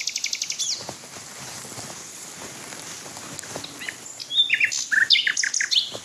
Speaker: Mich würde echt interessieren, ob er andere Männchen noch singen hört, die ich gerade nicht höre.